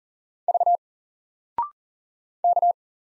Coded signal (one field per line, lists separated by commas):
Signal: Morse code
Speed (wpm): 39 wpm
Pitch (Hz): 700 Hz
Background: none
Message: V K